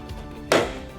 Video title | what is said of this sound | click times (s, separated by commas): ResMed AirSense 10 Auto CPAP & AirCurve BiPAP Education, Setup & Instruction | right like that when you hear the click you have it where it needs to be | 0.5 s